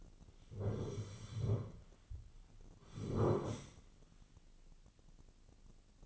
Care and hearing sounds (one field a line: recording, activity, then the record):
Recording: daily activity, microphone in the room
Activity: sit down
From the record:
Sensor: 4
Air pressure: 1010.0 hPa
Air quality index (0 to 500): 194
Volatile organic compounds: 3 ppm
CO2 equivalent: 1396 ppm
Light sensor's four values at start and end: 41/100/42/45 and 41/100/42/45